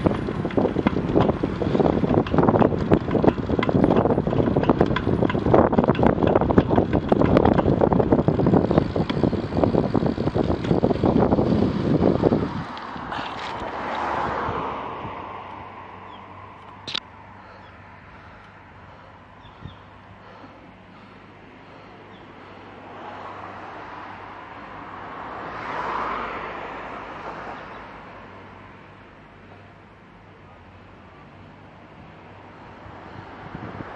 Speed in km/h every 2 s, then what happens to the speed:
22, 23, 23, 21, 13, 4, 0, 0, 0, 0, 0, 0, 0, 0, 0, 0, 0.
0-5 steady at about 23. 5-11 brakes to 0. 11-34 standing.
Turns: none.